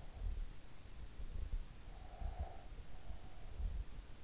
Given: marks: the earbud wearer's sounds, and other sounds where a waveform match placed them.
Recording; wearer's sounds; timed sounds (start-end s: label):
sounds in sleep by an in-ear microphone; breath
1.74-3.55 s: breath